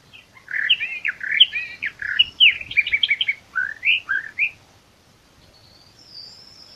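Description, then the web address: Eastern Orphean Warbler song: a fast run of varied, warbled chirps and short rasping notes for about four seconds, then a faint high thin note near the end. "sylvia crassirostris song. birds-of-the-ussr passeriformes sylviidae sylvia sylvia-crassirostris"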